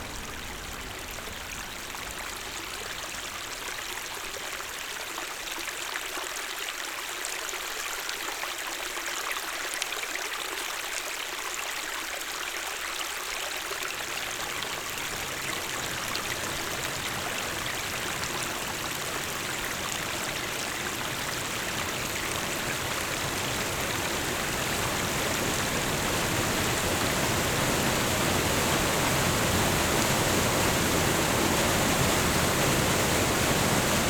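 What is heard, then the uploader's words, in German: Maple and birch leaves rustle in a steady, dense hiss that sounds almost like rushing water. The first part is thin and airy with little low end. After about fourteen seconds a fuller, deeper rush fills in, and the sound keeps swelling gradually toward the end. Blätterrauschen – Ahorn und Birke.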